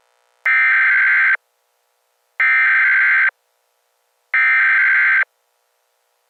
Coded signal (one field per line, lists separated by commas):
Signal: Emergency Alert System (SAME) tones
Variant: header bursts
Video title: Emergency Alert System Hurricane Warning